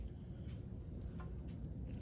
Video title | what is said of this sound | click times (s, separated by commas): Brake pads and rotors on a 2018 BMW X3 | so once it's plugged back in you're gonna hit a little click to let you know that it's seated properly | 1.9 s